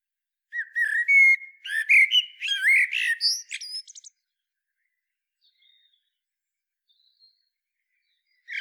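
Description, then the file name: Common blackbird song: a mellow fluted warble for about three and a half seconds ending in high squeaky twitters, then silence before a brief new note at the end. "Turdus merula"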